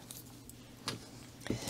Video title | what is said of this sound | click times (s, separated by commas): Swatching and Initial Impressions of 5 Sets of the Art-N-Fly Refillable Alcohol Brush Markers | caps really do snap on and off nice. You hear that nice click, but yet they're not hard. to get on and off. | 0.1 s, 0.9 s, 1.5 s